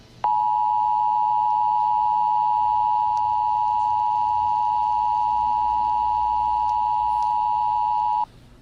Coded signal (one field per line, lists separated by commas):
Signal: Emergency Alert System (SAME) tones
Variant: 853 and 960 Hz attention tone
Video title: Creature From The Krusty Krab EAS Scenario